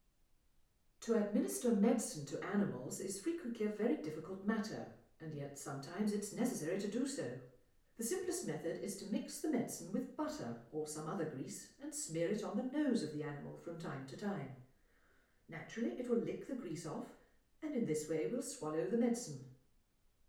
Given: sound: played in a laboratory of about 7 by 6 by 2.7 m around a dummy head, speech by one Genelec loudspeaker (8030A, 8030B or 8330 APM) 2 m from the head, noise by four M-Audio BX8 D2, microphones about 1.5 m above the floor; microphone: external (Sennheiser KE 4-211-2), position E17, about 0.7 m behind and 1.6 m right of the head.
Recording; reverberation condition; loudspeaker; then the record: female speech in English; medium; 90 degrees to the left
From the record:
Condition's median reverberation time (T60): about 510 ms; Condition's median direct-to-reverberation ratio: about -0.5 dB